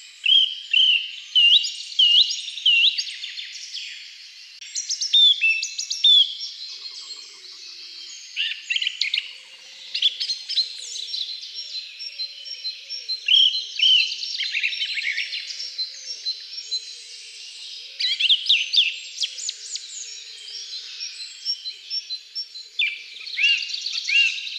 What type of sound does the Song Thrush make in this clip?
song